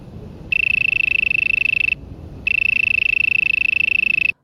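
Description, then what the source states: Mole cricket song: a steady, monotone, high buzzing trill in two long unbroken bursts separated by a short pause. Often heard on summer nights in city parks, sung from underground; described as monotone, rhythmless and not very pleasant.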